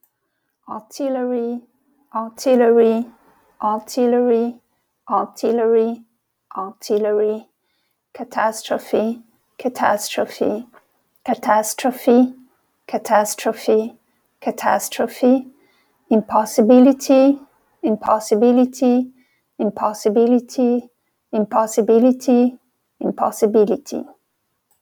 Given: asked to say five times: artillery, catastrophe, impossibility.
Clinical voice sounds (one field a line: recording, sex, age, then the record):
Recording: three words, each repeated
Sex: female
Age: 50 to 59 years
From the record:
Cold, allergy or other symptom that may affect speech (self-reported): no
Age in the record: 54 years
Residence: New York, United States